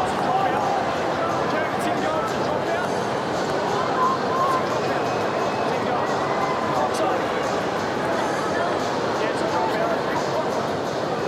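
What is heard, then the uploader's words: A rugby league crowd keeps up a dense, steady murmur of many overlapping voices for the whole stretch, with no lulls. The level stays even throughout, and a few brief sharp knocks and clicks break through now and then, around the two, four and seven second marks. Sounds of Rugby League. No commentators, just crowd and the sound of human collision.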